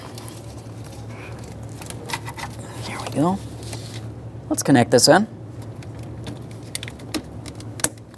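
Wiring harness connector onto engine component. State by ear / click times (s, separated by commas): seated / 6.8 s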